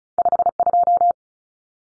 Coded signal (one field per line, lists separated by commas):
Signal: Morse code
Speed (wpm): 34 wpm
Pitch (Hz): 700 Hz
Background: none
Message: 52